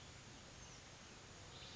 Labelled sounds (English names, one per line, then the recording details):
Oak Titmouse
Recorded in Sonoma County, California